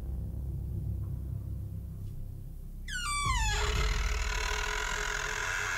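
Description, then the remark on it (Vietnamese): A wooden door creaks slowly open with a single high, harmonic squeal that slides downward in pitch over about half a second, set against a low rumble and followed by a steady, noisy wash. “Cánh cửa kẽo cả kẽo kẹt, rít lên một tiếng nặng nề. Sau đó từ từ mở ra.”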